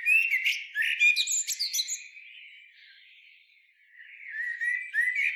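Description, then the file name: Common blackbird giving a jumbled burst of squeaky, twittering high notes for two seconds, a quieter stretch of soft warbling, then another chirpy burst near the end. "Turdus merula"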